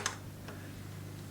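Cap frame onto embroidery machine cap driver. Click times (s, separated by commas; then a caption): 0.1 s. A cap frame for a Melco EMT16x embroidery machine is slid onto the cap driver base with its groove lined up with the gap, and three clips are pushed in. A sharp click at 0.1 s locks the frame into the machine, followed by a softer tap near 0.5 s over a steady low hum.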